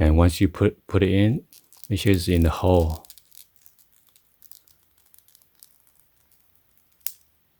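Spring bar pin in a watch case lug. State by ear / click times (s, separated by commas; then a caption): seated / 7.1 s. Someone talks while the spring-loaded pin of a watch strap is placed in the lug hole of a watch case and pushed home, with faint small ticks from about 3.2 to 5.6 seconds. A single sharp click at 7.1 seconds marks the spring bar seating in the lug hole.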